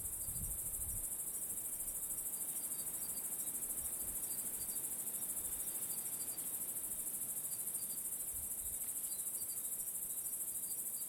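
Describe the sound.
Crickets chirping, a continuous very high buzzing chorus with faint rapid pulsed chirps beneath and occasional low thumps.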